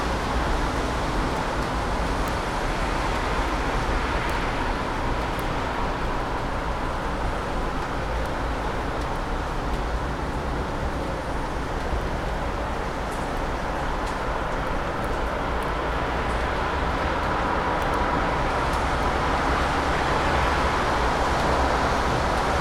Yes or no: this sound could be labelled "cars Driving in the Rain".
yes